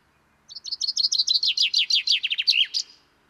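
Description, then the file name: Common chaffinch song: a quick run of bright notes that drops gradually in pitch, ending in a sharp flourish, about two and a half seconds long. "Fringilla coelebs"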